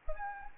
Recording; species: mosquito wingbeat signal from an infrared sensor; Anopheles arabiensis